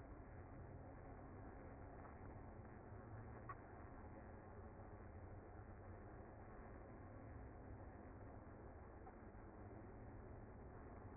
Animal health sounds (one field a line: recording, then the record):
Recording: honeybee colony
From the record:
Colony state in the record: active